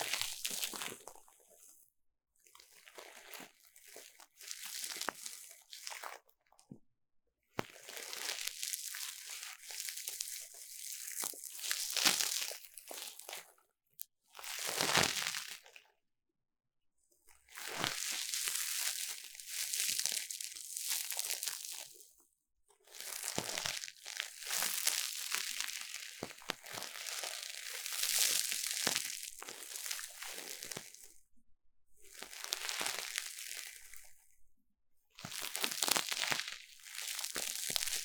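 Ear cleaning: bursts of dry, crinkly scratching and rubbing, bright and hissy, come in runs of a few seconds separated by short silences. About a dozen such passes occur, some with quick crackling swells, with little low sound beneath.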